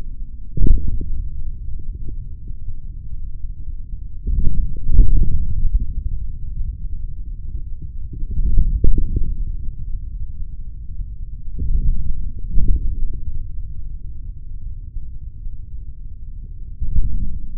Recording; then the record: forearm muscle sounds (acoustic myography)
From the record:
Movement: forearm pronation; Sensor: system 3, bracelet of six PUI Audio POM-2738L microphones around the upper forearm, with dedicated amplification and filtering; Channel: 1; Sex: male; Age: 26 years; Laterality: right